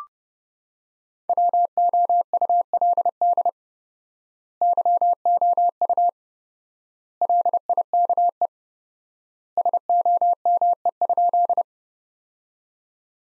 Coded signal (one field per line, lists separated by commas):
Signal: Morse code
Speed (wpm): 30 wpm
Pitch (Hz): 700 Hz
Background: none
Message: WOULD YOU LIKE SOME?